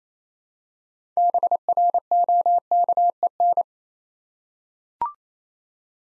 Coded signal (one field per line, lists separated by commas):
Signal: Morse code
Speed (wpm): 29 wpm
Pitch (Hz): 700 Hz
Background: none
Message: BROKEN